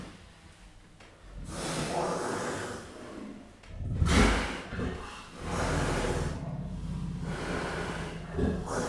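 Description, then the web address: Leopard giving several loud, breathy puffs and snorts. Several captive leopards puffing or snorting at a zoo, 2015. "jaszberenyizoo 2015 leopard fujtatnak horognek villanypasztor"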